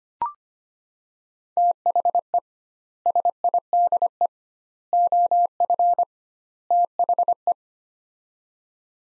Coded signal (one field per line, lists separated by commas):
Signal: Morse code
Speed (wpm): 25 wpm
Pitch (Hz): 700 Hz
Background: none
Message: THE SIDE OF THE